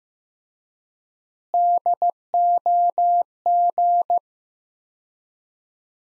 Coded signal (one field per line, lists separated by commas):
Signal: Morse code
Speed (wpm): 16 wpm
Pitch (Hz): 700 Hz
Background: none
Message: DOG